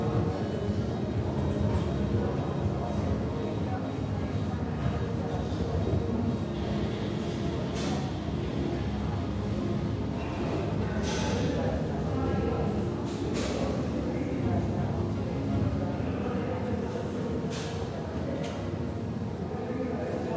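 Gym ambience: a dense, steady wash of low rumble and murmuring voices holds an even level throughout. Short bright clinks cut through now and then, around eight, eleven, thirteen, and seventeen to eighteen seconds, like weights knocking together.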